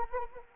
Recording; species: mosquito wingbeat signal from an infrared sensor; Anopheles arabiensis